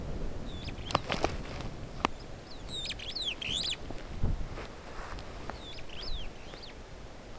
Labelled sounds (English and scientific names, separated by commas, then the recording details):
Superb Starling (Lamprotornis superbus) flight call
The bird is a male
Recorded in Kenya on 21 July 2010
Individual 88, of group SRB1